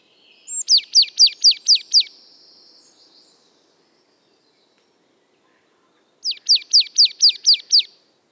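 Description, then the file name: Marsh Tit song: two quick bursts of about six to seven sharp, downslurred notes each, several seconds apart, with a thin buzzy note trailing after the first burst. "Poecile palustris"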